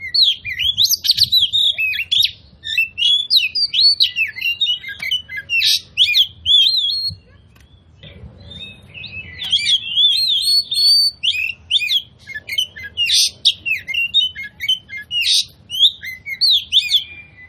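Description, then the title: Oriental magpie-robin singing long energetic sequences of whistled and scratchy notes, broken by one brief quieter gap before resuming. Kacer song used as a provocation track to make other magpie-robins fight, spread their tails and display; described as loud, continuous bursts (tembakan), gacor plong. "KACER NGOTOT FULL TEMBAKAN. Pancingan Kacer Gacor Plong Plongan Buat Kacer Lain Auto Emosi Buka Ekor Ngobra"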